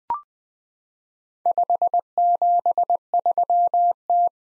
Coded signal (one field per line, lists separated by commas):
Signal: Morse code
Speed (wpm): 20 wpm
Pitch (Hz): 700 Hz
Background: none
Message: 573T